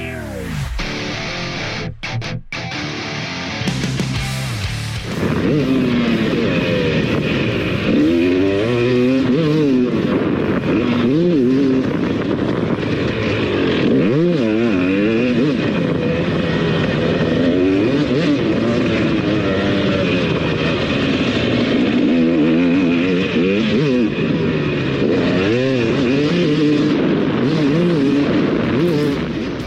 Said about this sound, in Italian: Farvi sentire fino in fondo questa musica, che è quella della moto di Tony Cairoli, perché non c'è solo l'asfalto. In Italia abbiamo il re del motocross, appunto Tony Cairoli, e KTM è la regina mondiale del tassello.